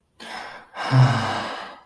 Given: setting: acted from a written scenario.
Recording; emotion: vocal sound without words; guilt